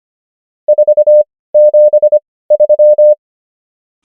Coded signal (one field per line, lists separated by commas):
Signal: Morse code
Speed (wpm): 25 wpm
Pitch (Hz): 600 Hz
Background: none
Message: 473